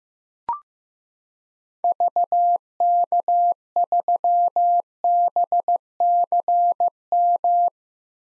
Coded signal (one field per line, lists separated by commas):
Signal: Morse code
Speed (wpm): 15 wpm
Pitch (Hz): 700 Hz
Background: none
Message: VK3BCM